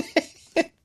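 Two abrupt, hiccup-like vocal bursts about half a second apart from an adult man: vocal tics of Tourette syndrome, noises that recur throughout a phone call.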